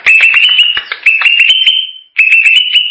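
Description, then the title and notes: Greater green leafbird song: continuous loud whistled warbling with rapid clicks, broken by one short pause. Champion singing bird. "Kicau Burung Cucak Ijo Juara. Suara kicauan burung cucak ijo"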